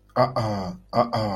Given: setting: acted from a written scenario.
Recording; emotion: vocal sound without words; confusion